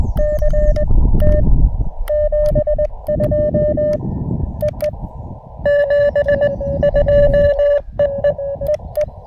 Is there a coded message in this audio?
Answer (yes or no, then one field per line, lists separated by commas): yes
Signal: Morse code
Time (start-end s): 0.2-9.1 s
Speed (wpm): 21 wpm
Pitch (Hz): 590 Hz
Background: none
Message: CT 72 EE 72 EE EE